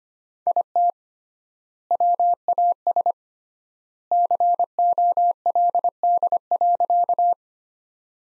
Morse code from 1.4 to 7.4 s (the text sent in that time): WAS COLD.